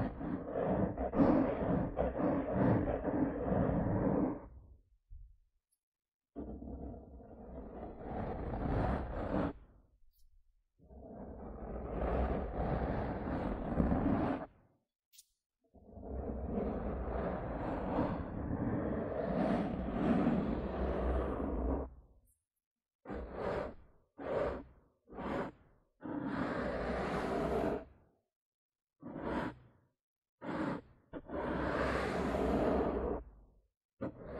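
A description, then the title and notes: Dry rubbing and scratching on a face, first in long strokes of several seconds each, split by short pauses of silence. From around 23 seconds the motion turns quicker, with short, brisk scratches in rapid bursts. The background stays quiet. ASMR Comfort You to Sleep Face Touching & Scratching (No Talking).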